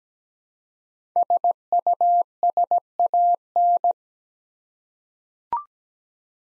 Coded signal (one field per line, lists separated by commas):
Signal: Morse code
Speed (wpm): 17 wpm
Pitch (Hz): 700 Hz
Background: none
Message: SUSAN